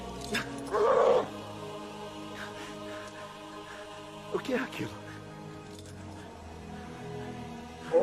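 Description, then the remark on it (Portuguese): A large, very white dog growls in two rough, low bursts, the first loudest near the start and another midway, while people speak in between over a steady background hum. “É um urso polar? Ou é o cão mais branco que eu já vi? É um cão, pai.”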